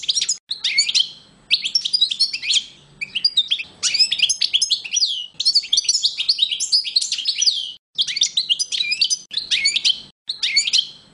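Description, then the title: European goldfinch song in repeated bursts of fast, metallic twittering and buzzy trills, broken by short pauses. "chardonneret"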